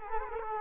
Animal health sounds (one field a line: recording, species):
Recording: mosquito wingbeat signal from an infrared sensor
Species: Culex quinquefasciatus